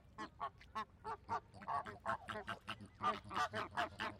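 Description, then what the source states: Flamingo calls, repeated nasal honks in an uneven rhythm. Flamingos at a zoo park.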